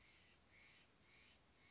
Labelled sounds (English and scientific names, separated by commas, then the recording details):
Steller's Jay (Cyanocitta stelleri)
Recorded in Sonoma County, California